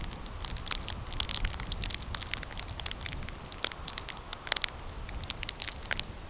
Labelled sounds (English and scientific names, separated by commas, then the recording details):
none
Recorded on Arctic tundra, site CORI-1, on 15 June 2018
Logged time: 10:00